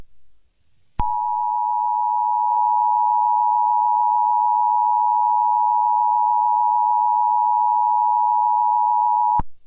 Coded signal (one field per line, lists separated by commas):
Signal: Emergency Alert System (SAME) tones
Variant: 853 and 960 Hz attention tone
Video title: GTA San Andreas EAS ALERT Severe Thunderstorm Warning